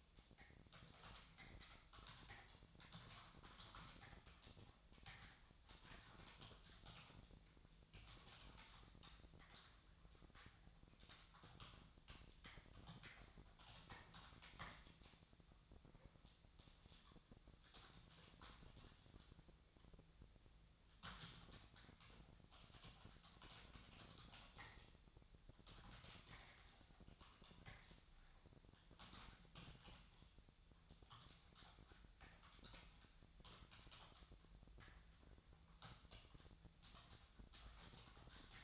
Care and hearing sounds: daily activity, microphone in the room; typing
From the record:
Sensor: 3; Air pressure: 999.2 hPa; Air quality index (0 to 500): 206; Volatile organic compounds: 55 ppm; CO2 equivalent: 3362 ppm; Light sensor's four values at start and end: 8/20/7/8 and 8/20/7/8

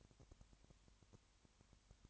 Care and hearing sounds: daily activity, microphone in the room; no activity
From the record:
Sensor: 3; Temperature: 20.5 degrees Celsius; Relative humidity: 34.6%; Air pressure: 1001.1 hPa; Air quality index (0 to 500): 195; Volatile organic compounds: 6 ppm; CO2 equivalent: 1853 ppm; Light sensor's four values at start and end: 2/3/2/2 and 2/3/2/2

